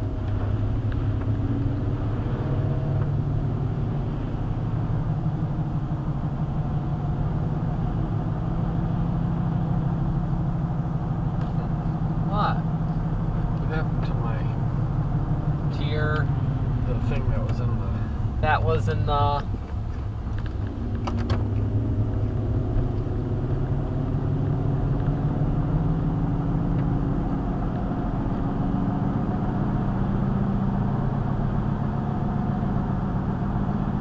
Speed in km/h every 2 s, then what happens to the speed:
44, 53, 53, 55, 56, 56, 55, 50, 35, 29, 37, 48, 55, 61, 66, 64, 68.
0-2 speeds up to 53. 2-10 steady at about 55. 10-19 slows to 29. 19-34 speeds up to 68.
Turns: none.